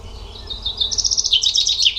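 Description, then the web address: Bird song: a rapid run of high, sharp chirping notes that grows louder and busier in the second half, over a faint low hum. "cianscape birddata Deverinetal 2025 Bird Only"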